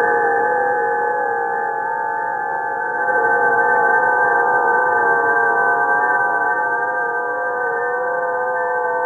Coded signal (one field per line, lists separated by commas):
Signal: FT8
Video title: SDR RTL Raspberry Pi Introduction